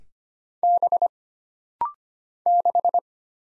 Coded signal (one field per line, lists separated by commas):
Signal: Morse code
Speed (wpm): 25 wpm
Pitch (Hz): 700 Hz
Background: none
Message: B 6